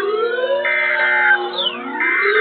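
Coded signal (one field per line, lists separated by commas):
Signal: Emergency Alert System (SAME) tones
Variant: end-of-message bursts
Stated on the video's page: Real weather warnings from home radios, captured unattended by a camera.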